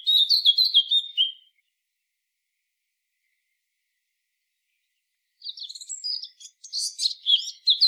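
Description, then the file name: Eurasian blackcap song: a brisk warbled phrase, several seconds of silence, then a scratchy jumbled burst of notes. "Sylvia atricapilla"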